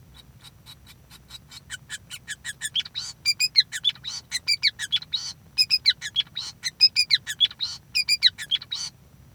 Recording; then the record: song of a male Bengalese finch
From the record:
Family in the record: son of father 5